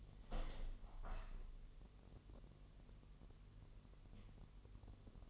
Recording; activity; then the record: daily activity, microphone in the room; open window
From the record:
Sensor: 4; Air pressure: 1001.2 hPa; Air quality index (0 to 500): 246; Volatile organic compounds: 43 ppm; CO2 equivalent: 3199 ppm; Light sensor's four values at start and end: 9/19/8/7 and 9/20/8/7